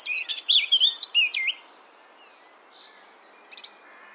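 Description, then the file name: Eurasian blackcap song: a brief, loud burst of quick, fluty warbling for about a second and a half, then near quiet with a few faint notes. "Sylvia atricapilla"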